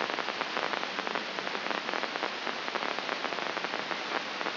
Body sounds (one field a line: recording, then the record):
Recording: brain microelectrode recording played as sound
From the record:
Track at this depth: outside the subthalamic nucleus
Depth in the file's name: 6.015 mm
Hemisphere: left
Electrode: 2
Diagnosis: Parkinson's disease